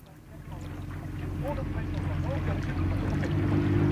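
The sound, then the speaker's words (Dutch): A small boat motors along the water at sunrise through an open landscape, carrying members of a KNNV nature working group, with a steady, low droning hum that grows gradually louder, while faint bird chirps flicker briefly in the middle. “durft met hen in een bootje te stappen.”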